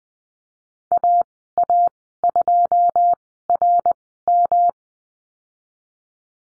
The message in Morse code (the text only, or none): AA2RM